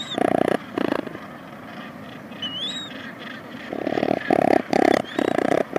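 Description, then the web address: Razorbill giving rough, pulsed growls, two at the start and a run of four near the end, with thin whistled calls from another bird in between. "Schulze Peter Razorbill"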